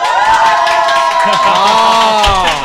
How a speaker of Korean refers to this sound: 대학생들이 단체로 방청으로 왔어요. 이렇게 한번 환호성 한번 부탁합니다.